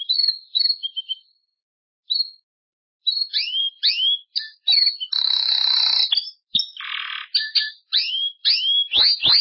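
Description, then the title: Belgian canary song, varied and continuous: high whistled notes, downward-sweeping slurs, buzzy rolls and rasping trills run together with only short pauses. "Canario Belga"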